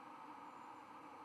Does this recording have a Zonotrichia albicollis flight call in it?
no